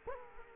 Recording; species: mosquito wingbeat signal from an infrared sensor; Culex quinquefasciatus